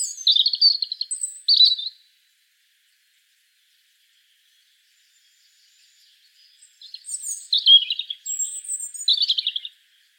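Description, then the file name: European robin singing two high, thin warbling phrases of trills and sweet notes, separated by a silent pause of about five seconds. "Erithacus rubecula"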